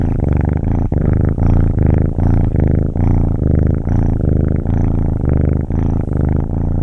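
Cat: kitten purring, a deep steady rumble pulsing in rhythmic in-and-out breaths roughly every half second, continuous throughout.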